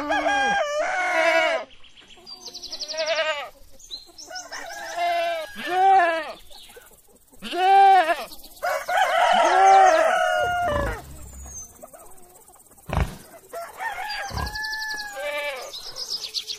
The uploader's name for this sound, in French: A la ferme avec ses animaux